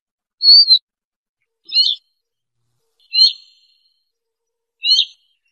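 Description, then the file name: Siberian rubythroat calls: four short high whistled notes spaced more than a second apart. "Tieng chim oanh co do"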